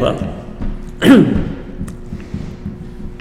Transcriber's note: clears throat